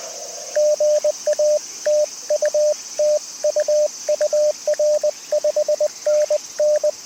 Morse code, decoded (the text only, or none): GA TU TU UR 5NN